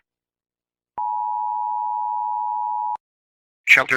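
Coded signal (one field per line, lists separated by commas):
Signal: Emergency Alert System (SAME) tones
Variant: 853 and 960 Hz attention tone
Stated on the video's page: Fictional EAS scenario using valid SAME tones.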